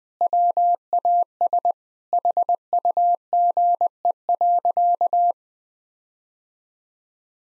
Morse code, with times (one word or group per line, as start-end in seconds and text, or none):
0.2-1.7 WAS
2.1-5.3 HUGE.